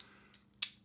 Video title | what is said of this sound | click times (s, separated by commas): Motion Pro chain breaker used on a 701 | locks in place so the bits aren't falling out as you're using it so | 0.6 s